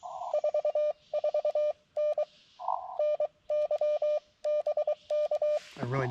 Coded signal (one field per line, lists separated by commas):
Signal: Morse code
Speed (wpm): 23 wpm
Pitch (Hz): 600 Hz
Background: speech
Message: 44N NY BK